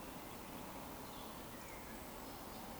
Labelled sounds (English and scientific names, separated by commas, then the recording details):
Eurasian Woodcock (Scolopax rusticola)
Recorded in Baden-Württemberg, Germany, on 16 June 2020 at 20:01 UTC
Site 14569, 102 m above sea level